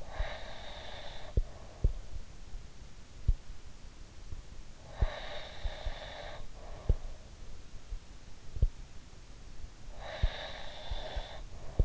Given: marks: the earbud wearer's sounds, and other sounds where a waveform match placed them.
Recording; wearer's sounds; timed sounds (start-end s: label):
sounds in sleep by an in-ear microphone; breath
0.00-2.04 s: breath
4.83-6.98 s: breath
9.87-11.85 s: breath